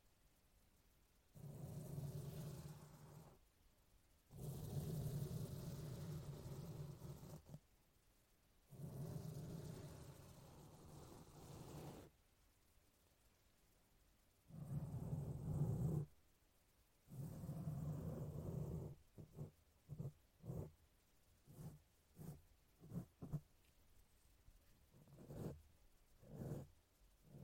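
Brushing on a microphone, with and without a windscreen: long scratchy swipes of low rumbling rustle, each a couple of seconds, separated by silent pauses. After about 19 seconds the strokes turn short and quick, a run of brief brushes and taps.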